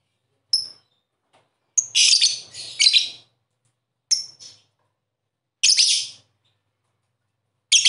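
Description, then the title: Bird call opening with a thin high whistle, then scratchy chattering bursts and short sharp notes spaced irregularly with silences between. "Kicau Burung"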